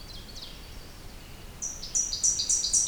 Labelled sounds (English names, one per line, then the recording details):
Ovenbird song
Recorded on 2 June 2016 at 06:20
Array SBT-3-7